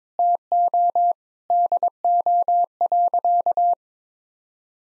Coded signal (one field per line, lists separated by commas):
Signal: Morse code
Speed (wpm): 22 wpm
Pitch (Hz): 700 Hz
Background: none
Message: TO DO.